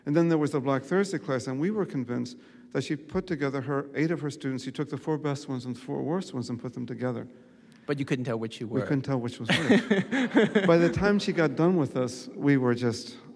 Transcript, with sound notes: and then there was the Black Thursday class. And we were convinced that she put together her, eight of her students; she took the four best ones and the four worst ones and put them together.
But you couldn't tell which you were.
We couldn't tell which was which.
(SOUNDBITE OF LAUGHTER)
By the time she got done with us we were just